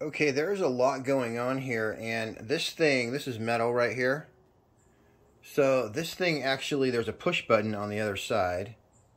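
A man talks while handling the metal chassis stock of a .30 caliber air rifle, pointing out the push button on the other side of its adjustable stock. The stock's detent has not clicked or seated yet; only speech is heard, with a brief quiet pause around 4.3–5.6 seconds.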